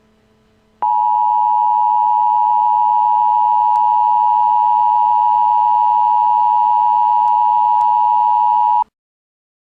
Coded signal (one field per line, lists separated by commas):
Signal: Emergency Alert System (SAME) tones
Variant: 853 and 960 Hz attention tone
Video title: Emergency Alert System - Pint Sized Slasher